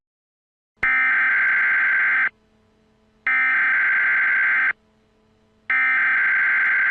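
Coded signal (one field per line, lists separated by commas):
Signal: Emergency Alert System (SAME) tones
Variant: header bursts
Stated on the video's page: Fictional, simulated EAS scenario from an alternate universe, remastered.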